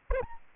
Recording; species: mosquito wingbeat signal from an infrared sensor; Aedes albopictus